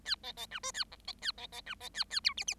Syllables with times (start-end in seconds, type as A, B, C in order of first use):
0.05-0.15 A, 0.23-0.32 B, 0.37-0.46 B, 0.51-0.59 C, 0.63-0.72 D, 0.74-0.84 A, 0.91-0.96 E, 1.07-1.12 B, 1.22-1.32 A, 1.37-1.47 B, 1.52-1.61 B, 1.66-1.75 C, 1.80-1.89 B, 1.94-2.04 A, 2.10-2.20 A, 2.24-2.33 F, 2.37-2.44 G, 2.47-2.54 G